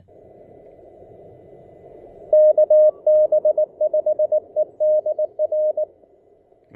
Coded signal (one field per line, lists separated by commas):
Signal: Morse code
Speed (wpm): 20 wpm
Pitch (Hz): 610 Hz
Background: none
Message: KB5EDR